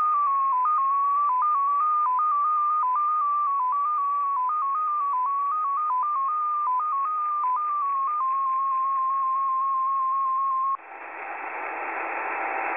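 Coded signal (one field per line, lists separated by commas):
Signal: multi-tone FSK (Olivia or MFSK type)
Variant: XPA2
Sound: a single beeping tone hopping between nearby pitches, then a burst of hiss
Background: radio static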